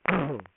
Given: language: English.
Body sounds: throat vibration sensor signal played as sound; throat clearing

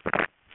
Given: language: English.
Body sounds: throat vibration sensor signal played as sound; swallow

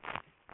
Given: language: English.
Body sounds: throat vibration sensor signal played as sound; swallow

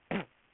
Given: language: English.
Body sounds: throat vibration sensor signal played as sound; throat clearing

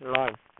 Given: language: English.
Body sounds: throat vibration sensor signal played as sound; speech

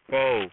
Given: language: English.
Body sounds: throat vibration sensor signal played as sound; speech

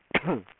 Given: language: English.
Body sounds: throat vibration sensor signal played as sound; cough

